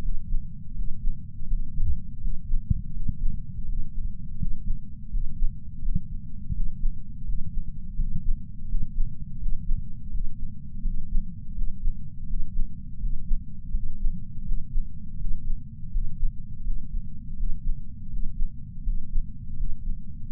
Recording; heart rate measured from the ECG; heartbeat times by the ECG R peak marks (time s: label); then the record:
heart sounds by patch sensor on the chest; 83 bpm
0.01 s: heartbeat
0.74 s: heartbeat
1.47 s: heartbeat
2.18 s: heartbeat
2.92 s: heartbeat
3.65 s: heartbeat
4.37 s: heartbeat
5.09 s: heartbeat
5.81 s: heartbeat
6.52 s: heartbeat
7.24 s: heartbeat
7.95 s: heartbeat
8.67 s: heartbeat
9.38 s: heartbeat
10.10 s: heartbeat
10.82 s: heartbeat
11.54 s: heartbeat
12.26 s: heartbeat
12.98 s: heartbeat
13.71 s: heartbeat
14.42 s: heartbeat
15.17 s: heartbeat
15.90 s: heartbeat
16.63 s: heartbeat
17.36 s: heartbeat
18.09 s: heartbeat
18.82 s: heartbeat
19.54 s: heartbeat
20.29 s: heartbeat
From the record:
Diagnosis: coronary artery disease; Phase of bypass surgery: postoperative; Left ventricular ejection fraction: 59.1%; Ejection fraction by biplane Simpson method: 55%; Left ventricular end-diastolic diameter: 46 mm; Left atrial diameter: 34 mm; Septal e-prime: 8 cm/s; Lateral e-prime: 6.5 cm/s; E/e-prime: 8.7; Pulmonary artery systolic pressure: 22 mmHg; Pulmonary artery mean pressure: 11 mmHg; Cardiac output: 4.38 L/min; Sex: male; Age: 58 years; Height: 160 cm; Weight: 70 kg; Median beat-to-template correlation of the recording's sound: 0.85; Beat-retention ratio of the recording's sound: 0.99